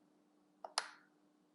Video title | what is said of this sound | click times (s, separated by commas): PRO 720 Unboxing, Instruction, Assemble | on the top you can see the lock and when you connect it you can hear the click foreign | 0.7 s, 0.8 s